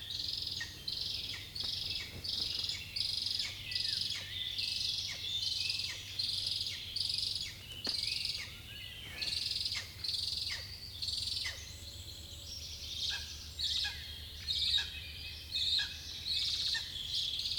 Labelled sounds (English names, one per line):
Lesser Spotted Eagle call